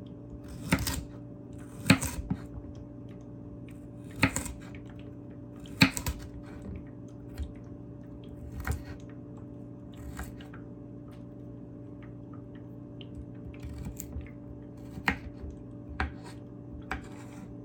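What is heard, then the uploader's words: Carrot chopping in sharp, crisp knife strikes at irregular intervals, about every one to two seconds, over a steady low hum. ASMR Carrot Chopping.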